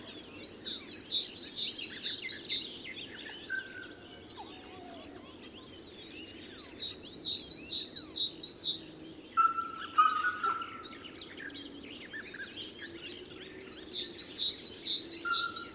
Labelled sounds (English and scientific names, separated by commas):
Eurasian Penduline Tit (Remiz pendulinus) call